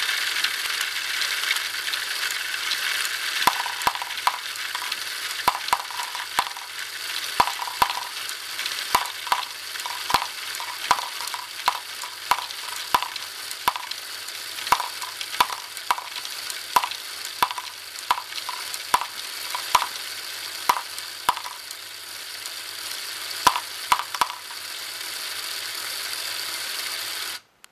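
A compact cycloidal drive runs with a steady, bright hiss throughout, like a dry grinding whir. From about four seconds onward, sharp clicks tick through it roughly twice a second, not quite evenly, over a faint low hum, then the clicks drop away near the end.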